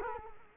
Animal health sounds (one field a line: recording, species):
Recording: mosquito wingbeat signal from an infrared sensor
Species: Culex quinquefasciatus